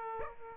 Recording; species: mosquito wingbeat signal from an infrared sensor; Aedes aegypti